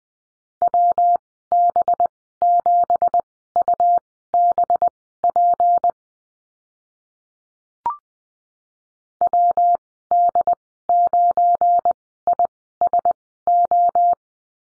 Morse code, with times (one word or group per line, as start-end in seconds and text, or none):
0.6-5.9 WB7UBP
9.2-14.1 WD9ISO